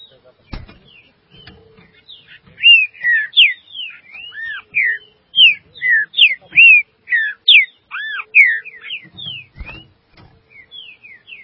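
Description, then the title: Green-winged saltator singing a sustained series of rich, clear whistles, rising and falling notes delivered rapidly, with a couple of sharp knocks at the edges. "Trinca Ferro"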